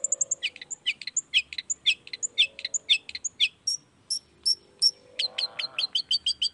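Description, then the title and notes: Long-tailed shrike giving fast harsh chirps, then a few thin high whistled notes, then another quick run of chirps. Singing actively in the morning with 'toet toet' voice variations; meant to stimulate reluctant shrikes into joining the song quickly. "Cendet Gacor Dor Di Kala Pagi Toet Toet Variasi Suara J. Cendet Gacor Di Pagi Hari Rangsangan Emosi Cendet Malas Bunyi Supaya Secepatnya Ikutan Bunyi. Burung cendet"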